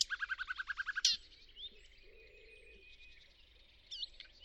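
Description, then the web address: Faint birdsong: a rapid run of about ten evenly spaced chirps, then a thin sustained whistle and scattered notes under steady background noise. "Deverinetal 2025. Bird Only"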